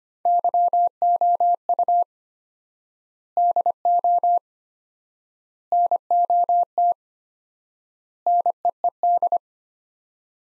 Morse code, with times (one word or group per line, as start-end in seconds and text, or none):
0.3-2.0 YOU
3.4-4.4 DO
5.7-6.9 NOT
8.3-9.4 NEED